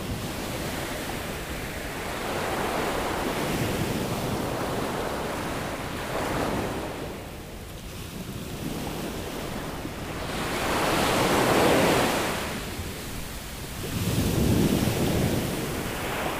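Sea waves wash in and draw back in slow, swelling surges, with a steady hiss of water underneath. Louder breaks rise around 6, 11 to 13 and 14 to 15 seconds, full and rushing, while a low rumble of wind runs throughout.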